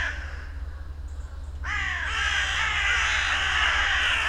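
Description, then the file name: Carrion Crow calls, quiet at first, then a sudden burst of loud harsh cawing that continues to the end, over a low rumble. "Corvus corone"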